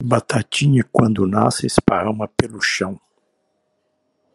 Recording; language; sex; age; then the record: short text; Brazilian Portuguese; male; 80 to 89 years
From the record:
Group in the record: control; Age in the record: 83 years